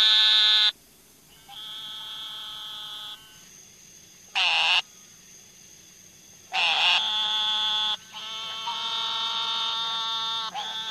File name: Eastern Narrowmouth Toad (Wild America)